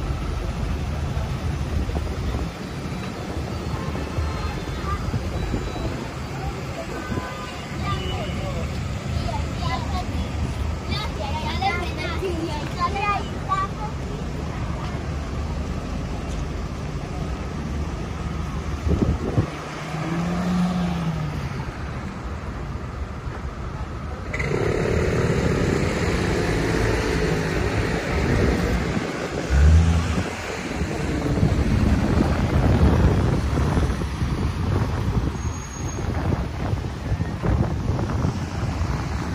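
Street sounds while walking in Tel Aviv, Israel: a steady low rumble of traffic with murmuring voices throughout. Around 24 seconds the texture shifts, turning brighter and busier, with a sharp thump near 30 seconds and bursts of wind buffeting the microphone.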